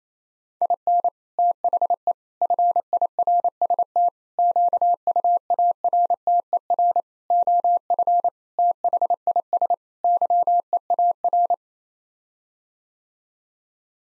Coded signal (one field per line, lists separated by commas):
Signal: Morse code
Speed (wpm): 28 wpm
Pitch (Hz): 700 Hz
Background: none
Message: IN THE FIRST QUARTER OF THIS YEAR